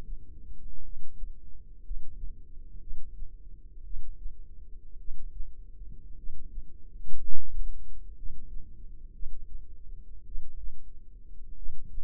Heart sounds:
heart sounds by microphone in the left ear; 56 bpm
0.81 s: heartbeat
1.81 s: heartbeat
2.78 s: heartbeat
3.82 s: heartbeat
4.96 s: heartbeat
6.15 s: heartbeat
7.19 s: heartbeat
8.13 s: heartbeat
9.11 s: heartbeat
10.23 s: heartbeat
11.54 s: heartbeat
From the record:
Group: healthy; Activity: cold pressor test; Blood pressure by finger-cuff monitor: 134/58 mmHg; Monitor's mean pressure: 86 mmHg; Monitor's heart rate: 53 bpm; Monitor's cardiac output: 6.6 L/min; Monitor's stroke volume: 121 mL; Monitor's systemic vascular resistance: 920 dyn s/cm5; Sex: male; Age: 25 years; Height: 170 cm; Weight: 70.4 kg

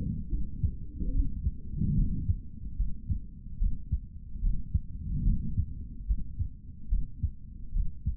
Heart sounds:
heart sounds by stethoscope; 73 bpm
0.29 s: heartbeat
1.12 s: heartbeat
1.95 s: heartbeat
2.76 s: heartbeat
3.58 s: heartbeat
4.41 s: heartbeat
5.24 s: heartbeat
6.06 s: heartbeat
6.89 s: heartbeat
7.72 s: heartbeat
From the record:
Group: healthy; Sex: male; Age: 55 years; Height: 167 cm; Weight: 57.2 kg

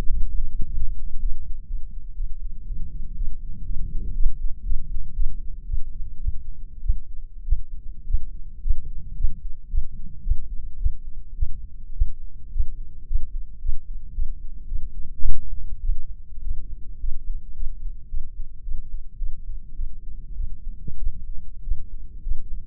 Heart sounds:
heart sounds by microphone in the left ear; 109 bpm
0.29 s: heartbeat
0.75 s: heartbeat
1.21 s: heartbeat
1.68 s: heartbeat
2.17 s: heartbeat
2.67 s: heartbeat
3.17 s: heartbeat
3.66 s: heartbeat
4.15 s: heartbeat
4.65 s: heartbeat
5.15 s: heartbeat
5.66 s: heartbeat
6.21 s: heartbeat
6.82 s: heartbeat
7.45 s: heartbeat
8.06 s: heartbeat
8.62 s: heartbeat
9.16 s: heartbeat
9.70 s: heartbeat
10.23 s: heartbeat
10.78 s: heartbeat
11.35 s: heartbeat
11.94 s: heartbeat
12.52 s: heartbeat
13.07 s: heartbeat
13.61 s: heartbeat
14.14 s: heartbeat
14.68 s: heartbeat
15.23 s: heartbeat
15.81 s: heartbeat
16.43 s: heartbeat
17.00 s: heartbeat
17.54 s: heartbeat
18.09 s: heartbeat
18.63 s: heartbeat
19.18 s: heartbeat
19.75 s: heartbeat
20.36 s: heartbeat
20.99 s: heartbeat
21.63 s: heartbeat
22.23 s: heartbeat
From the record:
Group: healthy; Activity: rest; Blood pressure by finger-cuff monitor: 114/68 mmHg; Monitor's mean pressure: 84 mmHg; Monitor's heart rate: 111 bpm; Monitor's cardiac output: 9.6 L/min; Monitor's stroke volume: 87 mL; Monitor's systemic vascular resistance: 630 dyn s/cm5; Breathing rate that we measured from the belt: 13 breaths a minute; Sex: female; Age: 22 years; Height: 157 cm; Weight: 47.6 kg

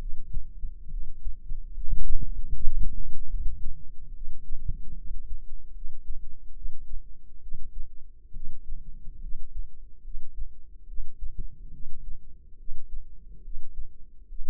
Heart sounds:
heart sounds by microphone in the left ear; 72 bpm
0.88 s: heartbeat
1.71 s: heartbeat
2.48 s: heartbeat
3.27 s: heartbeat
4.12 s: heartbeat
4.95 s: heartbeat
5.72 s: heartbeat
6.53 s: heartbeat
7.40 s: heartbeat
8.32 s: heartbeat
9.20 s: heartbeat
10.02 s: heartbeat
10.86 s: heartbeat
11.70 s: heartbeat
12.56 s: heartbeat
13.42 s: heartbeat
14.27 s: heartbeat
From the record:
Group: healthy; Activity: rest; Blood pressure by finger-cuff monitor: 113/73 mmHg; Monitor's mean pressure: 86 mmHg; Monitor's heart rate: 71 bpm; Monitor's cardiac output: 5.6 L/min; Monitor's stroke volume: 78 mL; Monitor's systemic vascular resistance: 1090 dyn s/cm5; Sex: female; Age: 22 years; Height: 160 cm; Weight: 45 kg

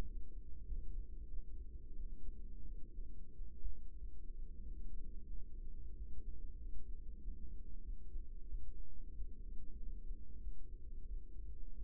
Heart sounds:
heart sounds by microphone in the right ear; 92 bpm
0.04 s: heartbeat
0.65 s: heartbeat
1.27 s: heartbeat
1.94 s: heartbeat
2.63 s: heartbeat
3.31 s: heartbeat
3.95 s: heartbeat
4.60 s: heartbeat
5.27 s: heartbeat
5.93 s: heartbeat
6.57 s: heartbeat
7.18 s: heartbeat
7.81 s: heartbeat
8.46 s: heartbeat
9.13 s: heartbeat
9.76 s: heartbeat
10.39 s: heartbeat
11.05 s: heartbeat
11.73 s: heartbeat
From the record:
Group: healthy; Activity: rest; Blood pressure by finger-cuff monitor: 124/67 mmHg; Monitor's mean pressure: 86 mmHg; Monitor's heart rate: 93 bpm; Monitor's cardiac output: 8.2 L/min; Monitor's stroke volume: 88 mL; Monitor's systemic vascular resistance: 770 dyn s/cm5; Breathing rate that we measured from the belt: 19 breaths a minute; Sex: female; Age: 24 years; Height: 163 cm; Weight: 55.7 kg

